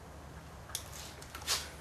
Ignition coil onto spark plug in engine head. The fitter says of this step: It didn't click. It go, you know, just like a rubber pop.